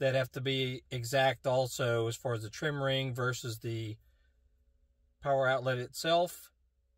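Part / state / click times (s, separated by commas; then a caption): 12V power outlet socket into its trim ring / not seated / none. A 12V power outlet socket for a Ford Taurus X, Mercury or Lincoln is handled and lined up with the slots in its plastic trim ring. Someone talks throughout, with a pause of near silence. Nothing has seated or clicked yet.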